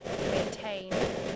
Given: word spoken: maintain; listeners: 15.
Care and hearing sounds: one English word in noise, from a listening test; noise modulated by three-talker babble; -7.0 dB; 5 of 15; 8 of 15; 0.96 s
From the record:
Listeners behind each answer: 8, 5, 1, 1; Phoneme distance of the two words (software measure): 27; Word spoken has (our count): 2 syllables, 6 phonemes, stress on syllable 2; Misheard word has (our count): 2 syllables, 5 phonemes, stress on syllable 2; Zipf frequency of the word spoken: 4.30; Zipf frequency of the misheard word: 3.90

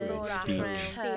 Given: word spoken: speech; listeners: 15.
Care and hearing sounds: one English word in noise, from a listening test; four-talker babble; -2.1 dB; 5 of 15; 7 of 15; 0.77 s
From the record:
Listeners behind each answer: 7, 5, 2, 1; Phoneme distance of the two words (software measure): 17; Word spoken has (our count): 1 syllable, 4 phonemes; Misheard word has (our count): 1 syllable, 3 phonemes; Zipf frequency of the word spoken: 4.72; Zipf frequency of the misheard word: 4.72

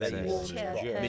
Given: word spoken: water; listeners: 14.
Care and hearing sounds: one English word in noise, from a listening test; four-talker babble; -2.0 dB; 2 of 14; 6 of 14; 0.69 s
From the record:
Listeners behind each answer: 6, 5, 2, 1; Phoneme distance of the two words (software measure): 17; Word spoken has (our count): 2 syllables, 4 phonemes, stress on syllable 1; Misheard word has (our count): 1 syllable, 3 phonemes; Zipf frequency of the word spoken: 5.53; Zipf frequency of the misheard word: 4.92

